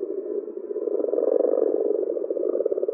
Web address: Common or Grass Frog